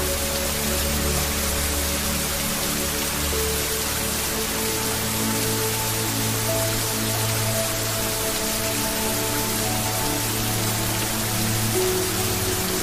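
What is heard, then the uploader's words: Heavy rain pours steadily, a dense, even hiss filling the whole range from low rumble to bright top. Beneath it, soft sustained music tones hold and shift slowly in the low and middle range, with a deep drone changing around four seconds in. Tranquil Heavy Rain and Music for Meditation.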